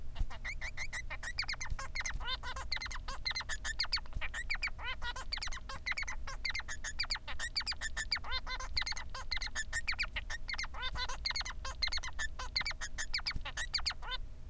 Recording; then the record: song of a male Bengalese finch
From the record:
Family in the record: son of father 3